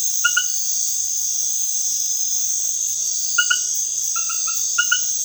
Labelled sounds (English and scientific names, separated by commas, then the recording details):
none
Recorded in dense forest near Puerto Asís, Putumayo, Colombia, on 19 February 2024 at 22:00
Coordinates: 0.505, -76.324
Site G6467